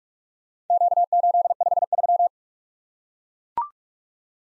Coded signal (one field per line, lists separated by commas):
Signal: Morse code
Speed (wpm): 44 wpm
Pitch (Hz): 700 Hz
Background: none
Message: Q853